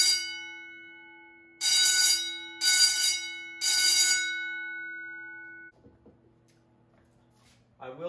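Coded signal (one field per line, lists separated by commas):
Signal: alarm pattern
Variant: vibrating fire bell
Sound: loud rattling bell rings three short times, then stops and hums away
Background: small room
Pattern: temporal three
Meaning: Temporal-3 signal: evacuate the building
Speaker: all right that was the 439d on temporal 3.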